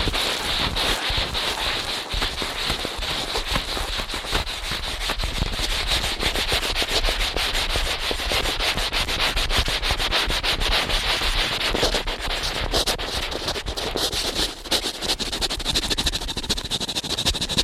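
Ear cleaning done at a frantic pace: a constant, dense stream of fast scratchy rubbing and crackling strokes, bright and hissy on top. The level stays steady almost the whole time, with only a brief dip around the fourteen-second mark.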